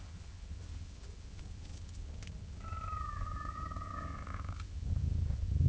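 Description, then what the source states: Cat purring low and steadily, with one long, slightly wavering meow midway before the rumble swells. Cat meowing gently and purring, with long intervals between sounds.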